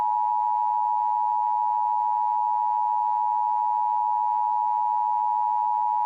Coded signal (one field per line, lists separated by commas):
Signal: Emergency Alert System (SAME) tones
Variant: 853 and 960 Hz attention tone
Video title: EAS Scenario - VenArmageddon (REUPLOADED)